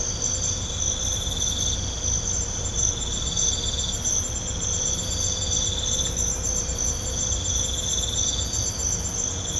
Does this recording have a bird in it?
no